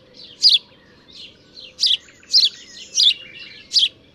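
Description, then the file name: House sparrow giving loud, scratchy chirps in an uneven series, with softer chirps between them over a low background hum. "Passer domesticus"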